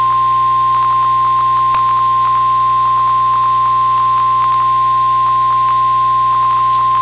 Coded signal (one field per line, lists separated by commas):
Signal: Emergency Alert System (SAME) tones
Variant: 1050 Hz attention tone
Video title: EAS Alerts from 9/6/25 (EAS #187-210)